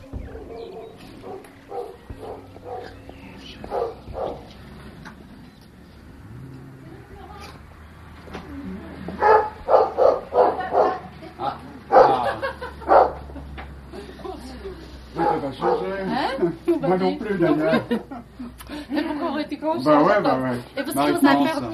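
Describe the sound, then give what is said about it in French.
A Berger Picard dog barks in repeated loud bursts, some rough and growly, with people talking over and between the barks. “Les bergers picards sont sympas, ouais, en général.”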